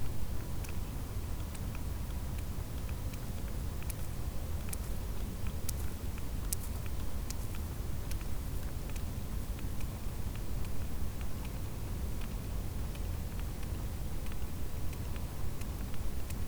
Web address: Physeter Macrocephalus cachalot